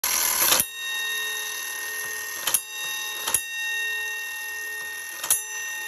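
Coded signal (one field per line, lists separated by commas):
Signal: coded fire alarm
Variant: Gamewell fire alarm gong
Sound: noisy clatter, then a ringing gong struck about three more times, long sustain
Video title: 1890’s GEO. M. STEVENS Fire Station Gong Bell and Gamewell Fire Alarm.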